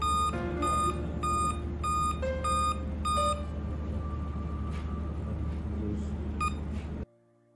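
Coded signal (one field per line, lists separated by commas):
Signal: beep code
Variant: Dell laptop BIOS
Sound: series of short even electronic beeps, roughly seven, over a steady fan hum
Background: fan noise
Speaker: while waiting for it to boot up I heard seven beeps and saw no display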